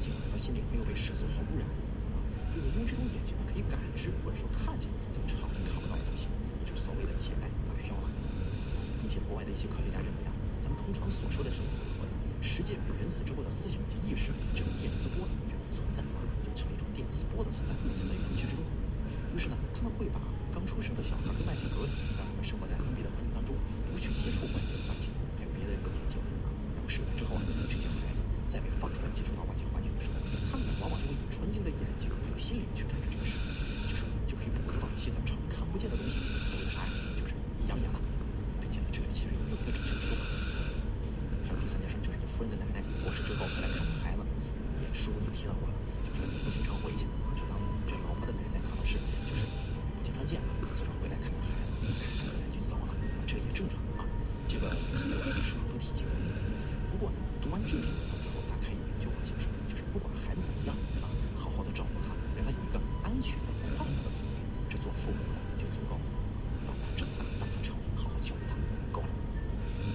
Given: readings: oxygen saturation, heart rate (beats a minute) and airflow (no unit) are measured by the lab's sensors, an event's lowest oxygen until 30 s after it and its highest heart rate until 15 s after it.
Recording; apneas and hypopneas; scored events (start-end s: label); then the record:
breathing in sleep by a smartphone at the bedside; none
none scored
From the record:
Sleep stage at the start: N2 (light sleep); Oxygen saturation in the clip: 93 to 94%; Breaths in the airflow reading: 23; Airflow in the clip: -1.3 to 1.7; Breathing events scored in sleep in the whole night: 335 in 6.7 hours asleep